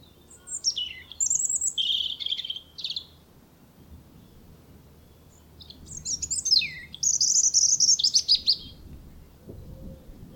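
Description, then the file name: European robin song: thin, high warbled phrases with sweeping descending notes and trills, in two bursts separated by a few seconds of quiet. "Erithacus rubecula"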